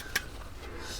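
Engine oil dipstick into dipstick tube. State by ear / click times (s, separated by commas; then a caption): seated / 0.2 s. During a truck pre-trip check, an engine oil dipstick is pushed back into its dipstick tube until it latches. A single short, sharp click sounds at 0.2 s (0.16 s) over a low steady background hum. The dipstick is seated home.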